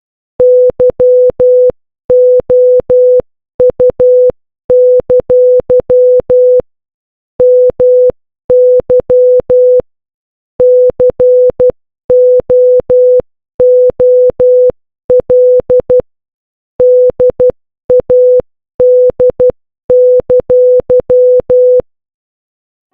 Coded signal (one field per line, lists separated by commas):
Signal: Morse code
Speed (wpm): 12 wpm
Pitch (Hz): 500 Hz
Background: none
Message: YOU! MY COOL DAD!